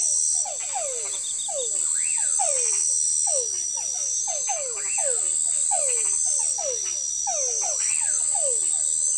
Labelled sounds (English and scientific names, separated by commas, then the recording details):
none
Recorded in forest near Pivijay, Magdalena, Colombia, on 17 April 2023 at 21:00
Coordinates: 10.467, -74.380
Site Z5-G034